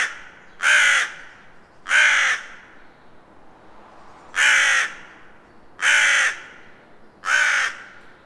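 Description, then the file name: Carrion Crow calling: five harsh, hoarse caws, each about half a second long, given at uneven intervals. "Corvus corone"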